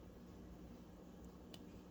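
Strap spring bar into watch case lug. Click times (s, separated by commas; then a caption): 1.5 s. A metal spring bar on a vintage leather strap is pushed into the lug hole of a Seiko SRPJ13 dive watch case at the six o'clock end. It snaps home with a short, sharp click at 1.5 s over a steady low hum, and the spring bar is seated.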